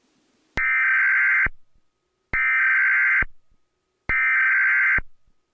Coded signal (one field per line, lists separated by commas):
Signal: Emergency Alert System (SAME) tones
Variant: header bursts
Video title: EAS Scenario - Gone Missing